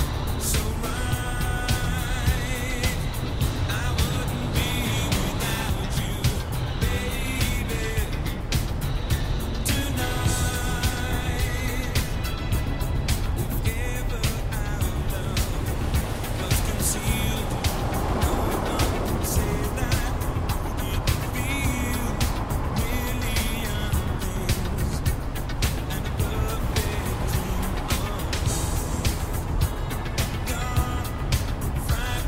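A car driving along a coast, its engine and road noise forming a dense, steady low rumble throughout. Frequent clicks and crackles from the radio scatter across the top, with faint tonal bits, and a softer swell of waves rises briefly around eighteen seconds.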